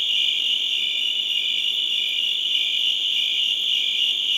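Many crickets chirp at once, their shrill trills merging into a loud, slightly wavering continuous chorus.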